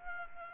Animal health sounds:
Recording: mosquito wingbeat signal from an infrared sensor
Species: Aedes aegypti

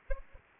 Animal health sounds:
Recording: mosquito wingbeat signal from an infrared sensor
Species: Aedes aegypti

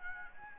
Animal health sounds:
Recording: mosquito wingbeat signal from an infrared sensor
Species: Anopheles gambiae

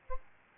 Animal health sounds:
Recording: mosquito wingbeat signal from an infrared sensor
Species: Aedes albopictus

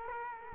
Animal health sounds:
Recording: mosquito wingbeat signal from an infrared sensor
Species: Culex quinquefasciatus

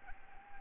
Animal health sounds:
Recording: mosquito wingbeat signal from an infrared sensor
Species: Anopheles arabiensis

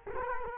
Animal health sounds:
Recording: mosquito wingbeat signal from an infrared sensor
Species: Culex quinquefasciatus

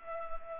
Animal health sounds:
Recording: mosquito wingbeat signal from an infrared sensor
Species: Culex pipiens

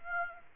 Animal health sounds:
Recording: mosquito wingbeat signal from an infrared sensor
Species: Aedes aegypti

